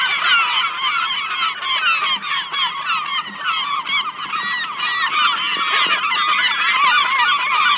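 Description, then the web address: Gulls calling as a dense flock, many harsh overlapping squawks and yelps without pause, a continuous noisy chorus throughout. "seagulls"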